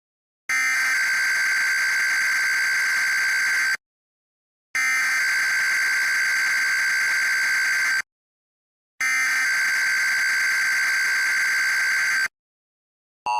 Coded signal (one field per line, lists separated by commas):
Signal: Emergency Alert System (SAME) tones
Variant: header bursts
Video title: EAS Recreation (07/28/24): The GWES Weekly Test